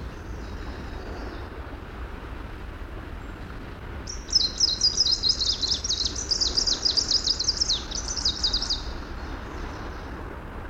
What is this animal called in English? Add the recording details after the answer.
Greenish Warbler. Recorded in the wild. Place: Sassnitz, Insel Rügen, Mecklenburg-Vorpommern, DE. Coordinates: 54.565, 13.615. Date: 1978-06-15. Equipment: Nagra III BH, Sennheiser MD 21, parabola. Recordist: Schubert, Michael